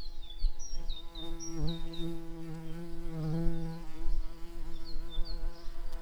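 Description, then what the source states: Garden bumblebee buzzing in a steady low hum that wavers slightly, with short high chirping bird notes repeated above it in the first half and again near the end. Worker bees.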